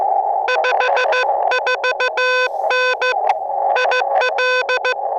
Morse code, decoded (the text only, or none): 54N IL